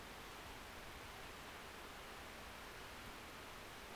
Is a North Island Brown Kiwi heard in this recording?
no